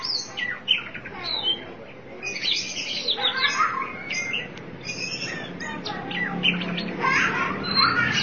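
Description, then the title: Oriental magpie-robin song of harsh scratchy notes and bright whistles in irregular clusters. Chirping song (kicauan) of the bird. "Suara Kicauan Burung Kacer Durasi Panjang"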